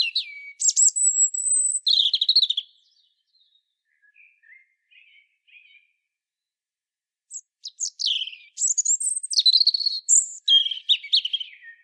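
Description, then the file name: European robin song: two bright warbling phrases of high whistles and trills separated by a quiet gap with faint soft notes. "Erithacus rubecula"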